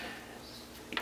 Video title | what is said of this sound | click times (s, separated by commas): PC Gaming au format Mini-ITX - Video de Montage | qui va se clipser également donc là au niveau de la carte mère le branchement est fait | 0.9 s, 1.0 s